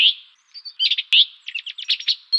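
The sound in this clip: Bird song fragments: short high chirps and notes in quick irregular bursts with brief gaps between them.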